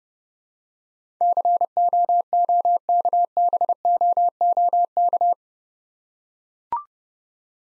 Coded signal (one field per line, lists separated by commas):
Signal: Morse code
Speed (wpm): 30 wpm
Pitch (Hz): 700 Hz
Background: none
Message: COOKBOOK